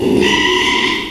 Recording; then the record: squeal of a Yucatan mini pig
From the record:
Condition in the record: after surgery on the right vocal fold (resection and tissue-engineered implant); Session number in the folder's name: 1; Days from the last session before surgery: 6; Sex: male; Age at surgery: 12 weeks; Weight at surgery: 13 kg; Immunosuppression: cyclosporine, prednisolone